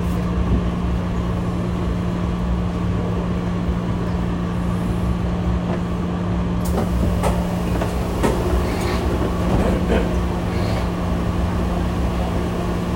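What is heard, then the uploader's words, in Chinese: A Taipei metro ride from Taipei Main Station, heard as a steady, heavy low rumble with a constant droning hum under it. From about six seconds on, sharp clicks and rattles break in every second or so, with a faint high whine near ten seconds. 從台北車站搭捷運上班。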